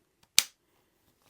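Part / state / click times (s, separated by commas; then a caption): trapdoor breech block latching into the rifle receiver / seated / 0.4 s. After cleaning, the trapdoor breech block of an antique 1884 Springfield trapdoor rifle is brought back down onto the steel receiver. A faint tick at 0.2 s precedes one sharp, loud metallic click at 0.4 s that rings out briefly, with a soft tap at the very end. The breech block latches and seats into place.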